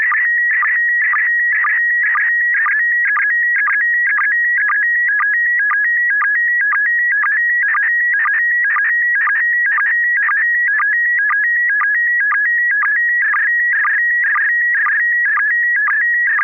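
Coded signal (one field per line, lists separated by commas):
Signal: SSTV (slow-scan television)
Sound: steady high whistle with a short low blip and crackle every half second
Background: FM radio noise bursts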